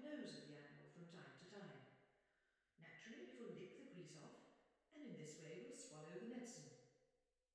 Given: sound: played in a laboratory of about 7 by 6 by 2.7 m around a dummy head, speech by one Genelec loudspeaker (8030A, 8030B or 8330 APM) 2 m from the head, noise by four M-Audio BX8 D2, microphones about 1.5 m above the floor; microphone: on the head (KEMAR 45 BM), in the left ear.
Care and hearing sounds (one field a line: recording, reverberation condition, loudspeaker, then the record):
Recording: female speech in English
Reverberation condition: high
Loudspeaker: 120 degrees to the right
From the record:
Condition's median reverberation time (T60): about 1300 ms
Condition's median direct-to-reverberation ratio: about -4.0 dB